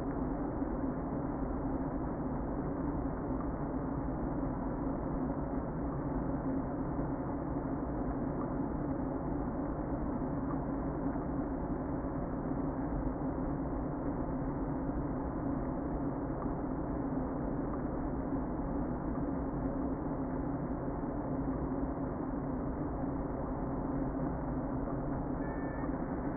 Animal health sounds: honeybee colony, microphone inside the hive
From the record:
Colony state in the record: queen present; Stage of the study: before two queens were removed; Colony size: about 60,000 bees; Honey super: yes

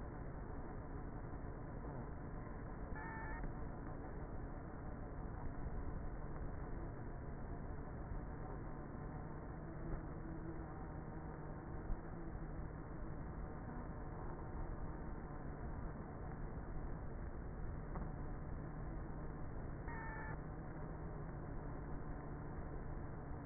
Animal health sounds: honeybee colony, microphone inside the hive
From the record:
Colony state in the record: queenless with a low population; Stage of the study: before two queens were removed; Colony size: about 30,000 bees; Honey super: no

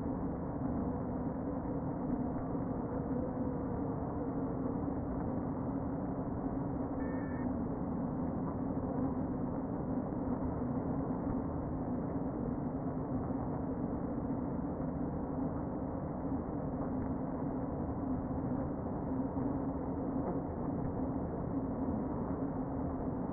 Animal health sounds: honeybee colony, microphone inside the hive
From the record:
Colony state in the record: queen present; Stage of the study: before two queens were removed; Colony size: about 60,000 bees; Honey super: yes

